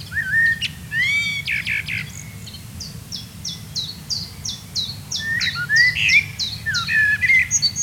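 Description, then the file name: Common blackbird: fluty warbles open and close the passage, with a long run of quick, high chipping notes between them. "Turdus merula"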